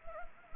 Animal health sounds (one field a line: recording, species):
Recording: mosquito wingbeat signal from an infrared sensor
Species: Anopheles gambiae